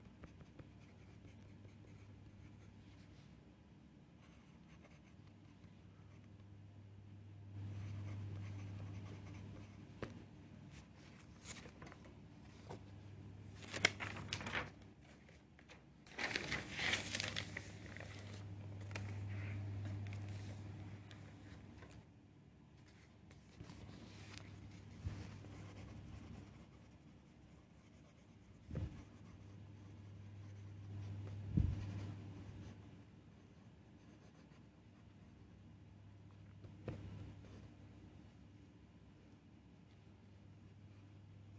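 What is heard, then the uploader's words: Scribbling on paper comes in repeated bursts of a few seconds each, with a low steady hum beneath. Louder rustles and brief crackles stand out around 14, 16–21, 29 and 32 seconds, likely pages being handled, with short quiet gaps between strokes. 45 minutes study session (with pencil ASMR and NO music). This is a 45 minutes study session with scribbling and page turning ASMR.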